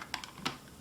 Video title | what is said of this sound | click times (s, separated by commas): Toshiba Tecra 780CDM Laptop Computer Overview Part 1 | Clips back you know it's securely locked into place | 0.1 s, 0.5 s